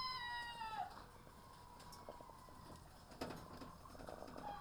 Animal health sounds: poultry house recording; sick chickens (respiratory disease)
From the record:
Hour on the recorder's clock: 7

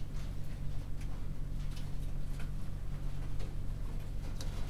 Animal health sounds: poultry house recording; no chicken sound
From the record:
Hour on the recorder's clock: 20

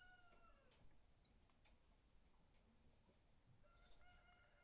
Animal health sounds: poultry house recording; healthy chickens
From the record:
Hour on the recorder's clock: 18

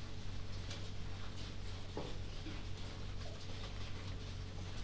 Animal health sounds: poultry house recording; healthy chickens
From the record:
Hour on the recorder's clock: 22

